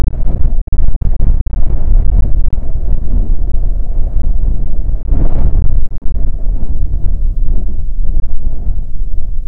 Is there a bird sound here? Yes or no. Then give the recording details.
no. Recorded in the Arctic National Wildlife Refuge, Alaska, on 20 June 2019 at 00:30. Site 44